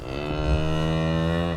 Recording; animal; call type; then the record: contact call of a hoofed animal; cattle; low-frequency (closed-mouth) or high-frequency (open-mouth) call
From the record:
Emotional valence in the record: negative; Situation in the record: physical separation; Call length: 1.56 s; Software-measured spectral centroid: 1510 Hz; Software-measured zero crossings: 1100 a second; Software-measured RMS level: -24 dBFS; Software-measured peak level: -11 dBFS